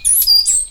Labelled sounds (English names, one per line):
Stitchbird song